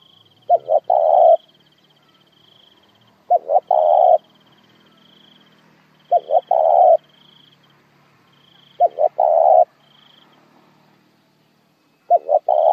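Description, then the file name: Spotted dove coos in regular bouts roughly every three seconds, two or three quick notes then a long burred coo, with an insect's high buzzing trill throughout. Calling the flock. "Tieng cu gay goi bay"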